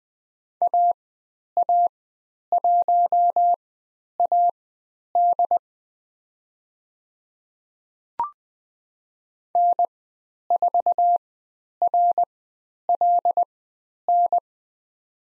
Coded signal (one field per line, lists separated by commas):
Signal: Morse code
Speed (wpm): 20 wpm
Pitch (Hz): 700 Hz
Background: none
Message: AA1AD N4RLN